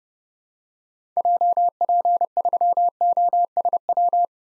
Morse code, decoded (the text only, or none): JP3OSW